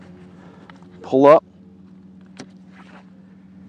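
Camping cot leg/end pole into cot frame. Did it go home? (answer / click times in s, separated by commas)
yes / 2.4 s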